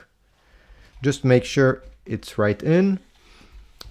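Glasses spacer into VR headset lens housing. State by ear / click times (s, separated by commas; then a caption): seated / 3.8 s. The second side of a plastic glasses spacer is pressed down with both thumbs into the lens housing of an Oculus Quest 2 VR headset after the headset is turned around. Someone talks, then a short sharp click is heard at 3.8 s as the spacer seats.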